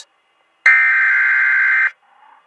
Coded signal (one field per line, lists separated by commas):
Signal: Emergency Alert System (SAME) tones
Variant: header bursts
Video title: Southeast Michigan Required Monthly Test on WTVS-DT (EAS #979)